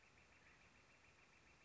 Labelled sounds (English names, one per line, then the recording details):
Northern Flicker
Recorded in Sonoma County, California